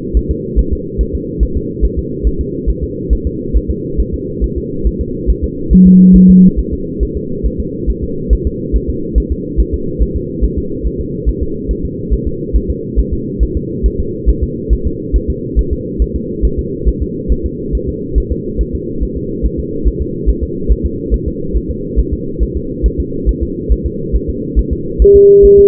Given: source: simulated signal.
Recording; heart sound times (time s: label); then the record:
fetal heart sounds
0.17 s: S1
0.31 s: S2
0.59 s: S1
0.73 s: S2
1.01 s: S1
1.15 s: S2
1.43 s: S1
1.57 s: S2
1.85 s: S1
1.99 s: S2
2.27 s: S1
2.41 s: S2
2.70 s: S1
2.84 s: S2
3.13 s: S1
3.27 s: S2
3.57 s: S1
3.71 s: S2
4.00 s: S1
4.14 s: S2
4.44 s: S1
4.58 s: S2
4.87 s: S1
5.01 s: S2
5.30 s: S1
5.44 s: S2
5.73 s: S1
5.87 s: S2
6.16 s: S1
6.30 s: S2
6.59 s: S1
6.73 s: S2
7.03 s: S1
7.17 s: S2
7.46 s: S1
7.60 s: S2
7.90 s: S1
8.04 s: S2
8.33 s: S1
8.47 s: S2
8.76 s: S1
8.90 s: S2
9.18 s: S1
9.32 s: S2
9.60 s: S1
9.74 s: S2
10.02 s: S1
10.16 s: S2
10.45 s: S1
10.58 s: S2
10.87 s: S1
11.01 s: S2
11.29 s: S1
11.43 s: S2
11.71 s: S1
11.85 s: S2
12.13 s: S1
12.28 s: S2
12.56 s: S1
12.70 s: S2
12.99 s: S1
13.13 s: S2
13.43 s: S1
13.57 s: S2
13.86 s: S1
14.00 s: S2
14.29 s: S1
14.44 s: S2
14.73 s: S1
14.87 s: S2
15.16 s: S1
15.30 s: S2
15.59 s: S1
15.73 s: S2
16.02 s: S1
16.16 s: S2
16.45 s: S1
16.59 s: S2
16.88 s: S1
17.02 s: S2
17.32 s: S1
17.46 s: S2
17.75 s: S1
17.89 s: S2
18.18 s: S1
18.32 s: S2
18.61 s: S1
18.75 s: S2
19.03 s: S1
19.17 s: S2
19.46 s: S1
19.59 s: S2
19.88 s: S1
20.02 s: S2
20.30 s: S1
20.43 s: S2
20.71 s: S1
20.85 s: S2
21.14 s: S1
21.28 s: S2
21.56 s: S1
21.70 s: S2
21.99 s: S1
22.13 s: S2
22.43 s: S1
22.57 s: S2
22.86 s: S1
23.00 s: S2
23.29 s: S1
23.43 s: S2
23.72 s: S1
23.86 s: S2
24.16 s: S1
24.30 s: S2
24.59 s: S1
24.73 s: S2
25.02 s: S1
25.16 s: S2
25.45 s: S1
25.59 s: S2
From the record:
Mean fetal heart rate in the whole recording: 140 bpm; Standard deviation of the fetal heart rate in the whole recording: 2 bpm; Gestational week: 34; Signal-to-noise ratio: -6.6 dB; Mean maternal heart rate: 72 bpm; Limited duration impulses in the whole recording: present